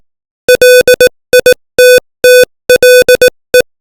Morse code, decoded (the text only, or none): LITTLE